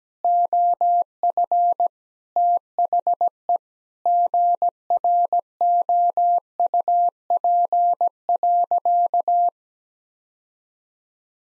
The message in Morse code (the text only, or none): OF THE GROUP.